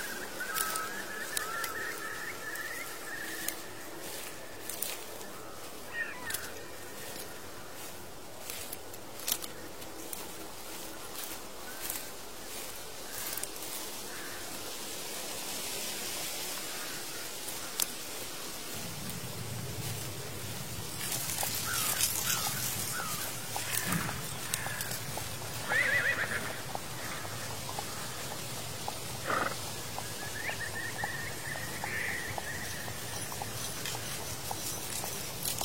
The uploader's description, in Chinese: 秋天古道夕阳下的马蹄声、落叶声、远处的深山鸟鸣和古寺钟声